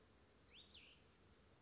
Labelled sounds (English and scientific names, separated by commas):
Cassin's Vireo (Vireo cassinii)